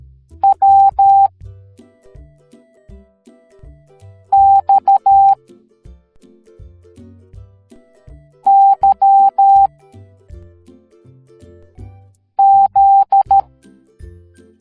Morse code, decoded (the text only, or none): W X Y Z